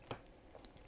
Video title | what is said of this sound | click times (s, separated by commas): 2017 13" MacBook Pro A1708 - Rough Diagnostics | here you gotta make sure and listen to the audioville the audible click audible | 0.1 s